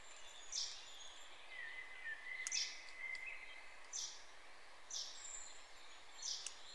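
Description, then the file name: Common chaffinch calls, brief bright notes at irregular intervals of one to two seconds, with a soft drawn-out whistle in the background. "Fringilla coelebs"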